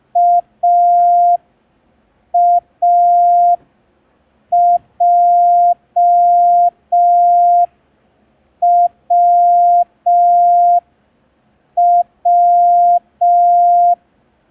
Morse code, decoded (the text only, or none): AAJWW